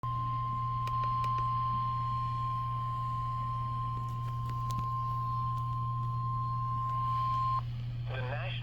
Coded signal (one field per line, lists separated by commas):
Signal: Emergency Alert System (SAME) tones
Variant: 1050 Hz attention tone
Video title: eas tor Eas#295